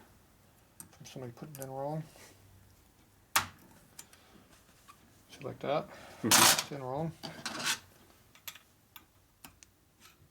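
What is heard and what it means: A steel snap ring (retaining ring) is handled at a motorcycle clutch hub, sharp edge facing up, while someone talks. Sharp metallic taps and scrapes are heard, the loudest near 3.4 s, with lighter ticks from 8.5 to 9.6 s. The ring has not yet clunked into its groove, and nothing has seated.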